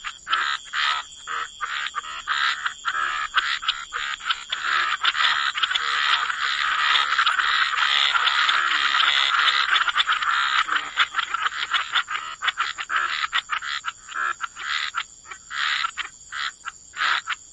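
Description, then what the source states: Frog chorus: rhythmic raspy croaks roughly twice a second, swelling into a dense mass midway, then breaking back into separate pulses over steady hiss. Frog chorus mixed with white noise.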